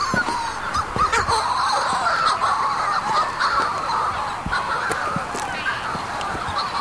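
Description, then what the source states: Shearwaters in a noisy chorus of harsh, crowing calls from many overlapping birds. At night on Skellig Michael, colony by a steep bank of burrows among sea campion; parents call from burrows, others fly overhead calling, trying to find each other.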